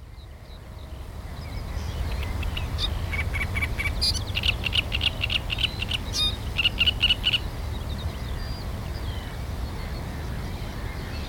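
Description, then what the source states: Great reed warbler song: rasping, churring phrases mixed with short whistled notes for several seconds, with a constant low rumble throughout. Recorded on 23 June.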